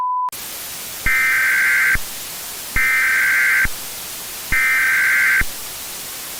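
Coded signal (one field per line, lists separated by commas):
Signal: Emergency Alert System (SAME) tones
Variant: header bursts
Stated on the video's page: Fictional zombie EAS scenario, not a real alert.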